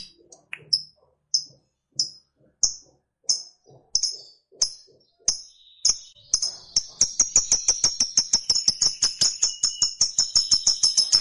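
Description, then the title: Lovebird giving spaced high chirps that accelerate after six seconds into a rapid, continuous shrill chattering song. Fighter-type lovebird singing energetically (gacor). "Berkat SUARA Lovebird FIGHTER GACOR Ini"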